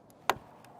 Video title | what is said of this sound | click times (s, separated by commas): etrailer - Rhino-Rack Vortex Roof Rack Kit Guided Setup - 2023 Chevrolet Traverse | But if you turn that some, you should eventually hear a click. | 0.3 s